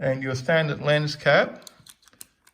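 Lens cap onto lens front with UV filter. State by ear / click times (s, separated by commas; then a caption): seated / 2.2 s. Someone talks, then the standard plastic lens cap of a Sony A6400 camera is pressed onto the front of the lens over the newly fitted UV filter that protects the lens. A few small ticks lead into a sharp snap at 2.2 s as the cap seats, and it still snaps in place as before.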